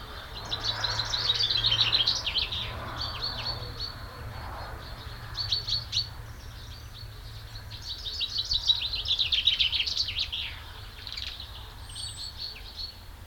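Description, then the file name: Common chaffinch song: two rapid, rattling high-pitched phrases about seven seconds apart, with fainter chirps between them. "Fringilla coelebs"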